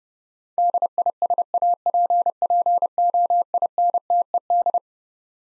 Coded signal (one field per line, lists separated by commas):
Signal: Morse code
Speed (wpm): 32 wpm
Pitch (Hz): 700 Hz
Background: none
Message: DISAPPOINTED